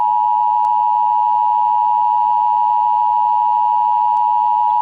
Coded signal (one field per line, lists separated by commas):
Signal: Emergency Alert System (SAME) tones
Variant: 853 and 960 Hz attention tone